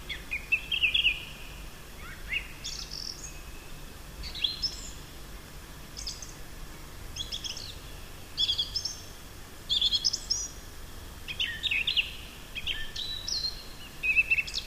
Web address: ljud Turdus philomelos